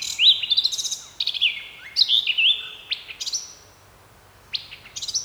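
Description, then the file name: Eurasian blackcap singing clear, fluty whistled phrases with quick rising and falling notes, in bursts separated by short pauses. "Sylvia atricapilla"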